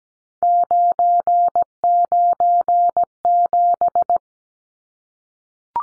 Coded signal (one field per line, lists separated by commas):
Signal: Morse code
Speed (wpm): 17 wpm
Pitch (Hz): 700 Hz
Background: none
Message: 997